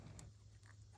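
On a 2012 Nissan Frontier 4.0L, the locking tab on the ignition coil's plastic electrical connector is pushed in to unlatch it. It releases with a sharp, short click at 0.2 s, and a fainter tick follows around 0.7 s over a steady low hum.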